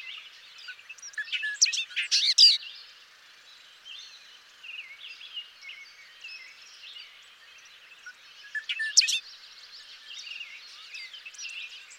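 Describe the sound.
Bobolink song in two short bursts of tinkling, jangling notes, around two and nine seconds, with fainter twittering in between.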